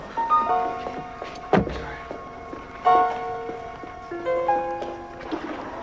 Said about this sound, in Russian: Трейси выходит из-за руля. Открывает заднюю дверь.